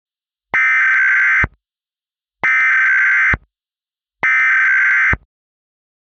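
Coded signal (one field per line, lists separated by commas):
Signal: Emergency Alert System (SAME) tones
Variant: header bursts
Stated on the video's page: Fictional EAS scenario made with software, with text-to-speech voice from Balabolka and audio recorded in Audacity.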